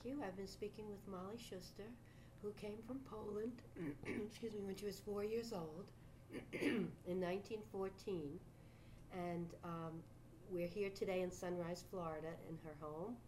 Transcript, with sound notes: I've been speaking with Molly Schuster, who came from Poland — [clears throat] excuse me — when she was four years old [clears throat] in 1914. And we're here today in Sunrise, Florida in her home.